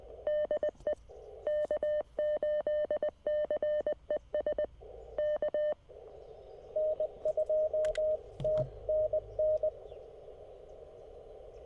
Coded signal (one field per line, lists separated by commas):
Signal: Morse code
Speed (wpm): 20 wpm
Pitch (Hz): 600 Hz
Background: none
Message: DE K8CES K N2TNN